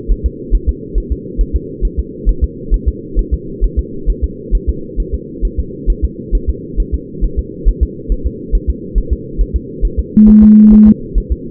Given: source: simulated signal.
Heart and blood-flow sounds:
fetal heart sounds
0.11 s: S1
0.26 s: S2
0.55 s: S1
0.69 s: S2
0.98 s: S1
1.12 s: S2
1.41 s: S1
1.56 s: S2
1.85 s: S1
1.99 s: S2
2.29 s: S1
2.44 s: S2
2.74 s: S1
2.88 s: S2
3.19 s: S1
3.34 s: S2
3.64 s: S1
3.79 s: S2
4.10 s: S1
4.24 s: S2
4.55 s: S1
4.69 s: S2
5.00 s: S1
5.14 s: S2
5.45 s: S1
5.59 s: S2
5.90 s: S1
6.05 s: S2
6.35 s: S1
6.50 s: S2
6.80 s: S1
6.94 s: S2
7.24 s: S1
7.39 s: S2
7.69 s: S1
7.83 s: S2
8.12 s: S1
8.27 s: S2
8.55 s: S1
8.70 s: S2
8.98 s: S1
9.13 s: S2
9.41 s: S1
9.56 s: S2
9.85 s: S1
9.99 s: S2
10.29 s: S1
10.43 s: S2
10.73 s: S1
10.88 s: S2
11.18 s: S1
11.32 s: S2
From the record:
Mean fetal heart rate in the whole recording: 135 bpm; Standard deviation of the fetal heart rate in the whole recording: 3 bpm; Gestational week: 36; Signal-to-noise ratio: -4.3 dB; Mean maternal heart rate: 72 bpm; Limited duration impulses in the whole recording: present

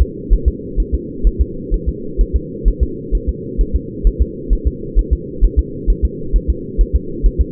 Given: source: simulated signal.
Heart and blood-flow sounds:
fetal heart sounds
0.02 s: S2
0.33 s: S1
0.48 s: S2
0.80 s: S1
0.94 s: S2
1.27 s: S1
1.41 s: S2
1.74 s: S1
1.88 s: S2
2.21 s: S1
2.36 s: S2
2.68 s: S1
2.83 s: S2
3.15 s: S1
3.29 s: S2
3.61 s: S1
3.76 s: S2
4.07 s: S1
4.22 s: S2
4.53 s: S1
4.67 s: S2
4.99 s: S1
5.13 s: S2
5.44 s: S1
5.59 s: S2
5.90 s: S1
6.05 s: S2
6.36 s: S1
6.50 s: S2
6.81 s: S1
6.95 s: S2
7.26 s: S1
7.41 s: S2
From the record:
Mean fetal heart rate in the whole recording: 130 bpm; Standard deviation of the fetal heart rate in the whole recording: 2 bpm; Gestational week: 36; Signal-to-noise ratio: -4.3 dB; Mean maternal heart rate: 72 bpm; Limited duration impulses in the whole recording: absent

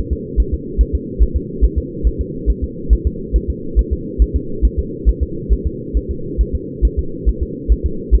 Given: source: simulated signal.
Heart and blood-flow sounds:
fetal heart sounds
0.13 s: S2
0.40 s: S1
0.54 s: S2
0.81 s: S1
0.95 s: S2
1.23 s: S1
1.37 s: S2
1.64 s: S1
1.78 s: S2
2.07 s: S1
2.21 s: S2
2.50 s: S1
2.64 s: S2
2.93 s: S1
3.07 s: S2
3.36 s: S1
3.50 s: S2
3.79 s: S1
3.93 s: S2
4.22 s: S1
4.36 s: S2
4.65 s: S1
4.79 s: S2
5.09 s: S1
5.23 s: S2
5.53 s: S1
5.67 s: S2
5.97 s: S1
6.11 s: S2
6.41 s: S1
6.55 s: S2
6.85 s: S1
6.99 s: S2
7.29 s: S1
7.43 s: S2
7.72 s: S1
7.86 s: S2
8.15 s: S1
From the record:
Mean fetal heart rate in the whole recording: 140 bpm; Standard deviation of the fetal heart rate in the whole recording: 2 bpm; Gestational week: 34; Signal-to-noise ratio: -4.3 dB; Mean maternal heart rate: 72 bpm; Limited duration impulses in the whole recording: absent

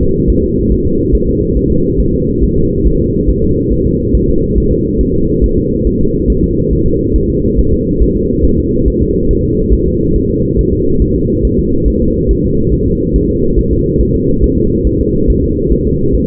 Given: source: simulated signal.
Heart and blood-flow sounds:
fetal heart sounds
0.03 s: S2
0.30 s: S1
0.44 s: S2
0.72 s: S1
0.86 s: S2
1.15 s: S1
1.29 s: S2
1.57 s: S1
1.72 s: S2
2.00 s: S1
2.14 s: S2
2.43 s: S1
2.58 s: S2
2.86 s: S1
3.01 s: S2
3.29 s: S1
3.44 s: S2
3.72 s: S1
3.87 s: S2
4.15 s: S1
4.30 s: S2
4.58 s: S1
4.72 s: S2
5.01 s: S1
5.15 s: S2
5.44 s: S1
5.58 s: S2
5.87 s: S1
6.01 s: S2
6.30 s: S1
6.44 s: S2
6.73 s: S1
6.87 s: S2
7.16 s: S1
7.30 s: S2
7.59 s: S1
7.73 s: S2
8.02 s: S1
8.17 s: S2
8.45 s: S1
8.59 s: S2
8.88 s: S1
9.02 s: S2
9.31 s: S1
9.45 s: S2
9.73 s: S1
9.88 s: S2
10.16 s: S1
10.30 s: S2
10.59 s: S1
10.73 s: S2
11.02 s: S1
11.16 s: S2
11.45 s: S1
11.59 s: S2
11.88 s: S1
12.02 s: S2
12.31 s: S1
12.45 s: S2
12.74 s: S1
12.88 s: S2
13.16 s: S1
13.30 s: S2
13.59 s: S1
13.73 s: S2
14.01 s: S1
14.16 s: S2
14.44 s: S1
14.58 s: S2
14.87 s: S1
15.01 s: S2
15.30 s: S1
15.44 s: S2
15.73 s: S1
15.87 s: S2
16.15 s: S1
From the record:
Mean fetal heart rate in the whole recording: 140 bpm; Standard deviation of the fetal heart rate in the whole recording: 2 bpm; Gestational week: 34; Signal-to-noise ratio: -15.3 dB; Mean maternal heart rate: 72 bpm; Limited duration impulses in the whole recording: present

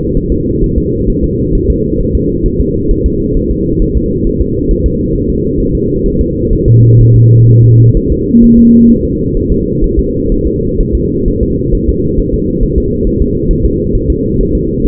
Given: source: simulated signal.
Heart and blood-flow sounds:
fetal heart sounds
0.17 s: S1
0.32 s: S2
0.64 s: S1
0.78 s: S2
1.10 s: S1
1.24 s: S2
1.55 s: S1
1.70 s: S2
2.01 s: S1
2.15 s: S2
2.46 s: S1
2.61 s: S2
2.91 s: S1
3.06 s: S2
3.37 s: S1
3.51 s: S2
3.82 s: S1
3.97 s: S2
4.27 s: S1
4.42 s: S2
4.71 s: S1
4.86 s: S2
5.16 s: S1
5.30 s: S2
5.60 s: S1
5.75 s: S2
6.06 s: S1
6.21 s: S2
6.53 s: S1
6.68 s: S2
7.01 s: S1
7.16 s: S2
7.49 s: S1
7.64 s: S2
7.97 s: S1
8.12 s: S2
8.44 s: S1
8.59 s: S2
8.91 s: S1
9.05 s: S2
9.37 s: S1
9.52 s: S2
9.84 s: S1
9.99 s: S2
10.32 s: S1
10.47 s: S2
10.80 s: S1
10.95 s: S2
11.28 s: S1
11.43 s: S2
11.75 s: S1
11.89 s: S2
12.20 s: S1
12.34 s: S2
12.63 s: S1
12.78 s: S2
13.07 s: S1
13.22 s: S2
13.51 s: S1
13.65 s: S2
13.95 s: S1
14.10 s: S2
14.41 s: S1
14.55 s: S2
14.86 s: S1
From the record:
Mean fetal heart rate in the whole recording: 130 bpm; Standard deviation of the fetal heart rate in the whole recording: 4 bpm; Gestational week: 38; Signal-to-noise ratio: -14.7 dB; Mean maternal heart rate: 72 bpm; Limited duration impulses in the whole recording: present

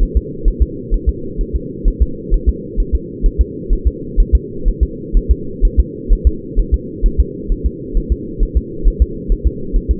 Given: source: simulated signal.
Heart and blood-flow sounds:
fetal heart sounds
0.03 s: S1
0.17 s: S2
0.48 s: S1
0.62 s: S2
0.94 s: S1
1.09 s: S2
1.41 s: S1
1.56 s: S2
1.88 s: S1
2.02 s: S2
2.34 s: S1
2.49 s: S2
2.80 s: S1
2.95 s: S2
3.26 s: S1
3.41 s: S2
3.73 s: S1
3.87 s: S2
4.20 s: S1
4.35 s: S2
4.68 s: S1
4.83 s: S2
5.17 s: S1
5.31 s: S2
5.65 s: S1
5.80 s: S2
6.12 s: S1
6.27 s: S2
6.59 s: S1
6.74 s: S2
7.06 s: S1
7.20 s: S2
7.52 s: S1
7.66 s: S2
7.97 s: S1
8.12 s: S2
8.43 s: S1
8.57 s: S2
8.88 s: S1
9.02 s: S2
9.32 s: S1
9.47 s: S2
9.76 s: S1
9.91 s: S2
From the record:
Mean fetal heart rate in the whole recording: 130 bpm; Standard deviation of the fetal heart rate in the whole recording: 4 bpm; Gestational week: 38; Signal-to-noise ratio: -4.3 dB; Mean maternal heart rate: 72 bpm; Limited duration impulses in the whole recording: present

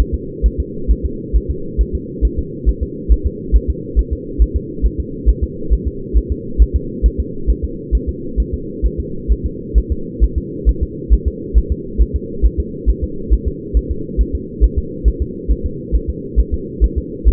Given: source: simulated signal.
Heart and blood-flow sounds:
fetal heart sounds
0.00 s: S1
0.14 s: S2
0.46 s: S1
0.60 s: S2
0.91 s: S1
1.06 s: S2
1.36 s: S1
1.50 s: S2
1.81 s: S1
1.95 s: S2
2.25 s: S1
2.39 s: S2
2.69 s: S1
2.83 s: S2
3.12 s: S1
3.26 s: S2
3.56 s: S1
3.70 s: S2
3.99 s: S1
4.13 s: S2
4.42 s: S1
4.56 s: S2
4.86 s: S1
5.00 s: S2
5.29 s: S1
5.44 s: S2
5.73 s: S1
5.87 s: S2
6.18 s: S1
6.32 s: S2
6.62 s: S1
6.76 s: S2
7.06 s: S1
7.20 s: S2
7.50 s: S1
7.64 s: S2
7.95 s: S1
8.09 s: S2
8.40 s: S1
8.54 s: S2
8.86 s: S1
9.00 s: S2
9.32 s: S1
9.46 s: S2
9.78 s: S1
9.92 s: S2
10.24 s: S1
10.38 s: S2
10.69 s: S1
10.83 s: S2
11.13 s: S1
11.28 s: S2
11.58 s: S1
11.72 s: S2
12.02 s: S1
12.16 s: S2
12.45 s: S1
12.60 s: S2
12.89 s: S1
13.04 s: S2
13.33 s: S1
13.48 s: S2
13.77 s: S1
13.91 s: S2
14.21 s: S1
14.35 s: S2
14.64 s: S1
14.78 s: S2
15.08 s: S1
15.22 s: S2
15.51 s: S1
15.66 s: S2
15.95 s: S1
16.10 s: S2
16.40 s: S1
16.54 s: S2
16.84 s: S1
16.98 s: S2
17.28 s: S1
From the record:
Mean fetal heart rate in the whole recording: 135 bpm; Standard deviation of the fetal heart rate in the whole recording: 3 bpm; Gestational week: 34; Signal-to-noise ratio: -4.3 dB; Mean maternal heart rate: 72 bpm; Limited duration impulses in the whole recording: absent

